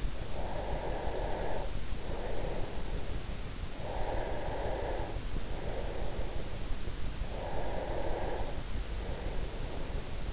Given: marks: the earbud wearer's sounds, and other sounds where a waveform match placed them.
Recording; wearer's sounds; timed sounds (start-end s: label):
sounds in sleep by an in-ear microphone; breath
0.28-6.75 s: breath
7.11-10.32 s: breath